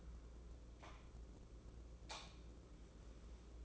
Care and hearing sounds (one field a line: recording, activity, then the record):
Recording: daily activity, microphone in the room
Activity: light on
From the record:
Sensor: 1